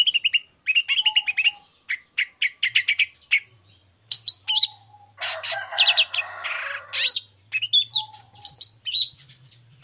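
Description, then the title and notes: Long-tailed shrike song, a rapid varied medley of sharp chirps, short whistles and harsh buzzy bursts, with pauses and a low hum beneath. Morning song with varied 'toet toet' notes, used as a lure to provoke other shrikes into answering and singing along. "Cendet Gacor Dor Di Kala Pagi Toet Toet Variasi Suara. Pancingan Emosi Cendet Gacor Full Variasi Toet Toet Bikin Nyaut Cendet Lain Langsung Ikutan Bunyi. Burung cendet"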